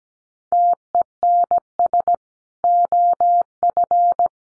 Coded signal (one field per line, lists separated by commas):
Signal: Morse code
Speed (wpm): 17 wpm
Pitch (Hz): 700 Hz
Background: none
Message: TENS OF